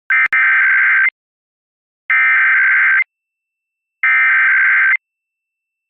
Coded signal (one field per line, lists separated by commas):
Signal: Emergency Alert System (SAME) tones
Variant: header bursts